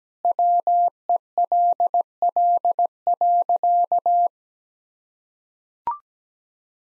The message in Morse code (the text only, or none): WELL.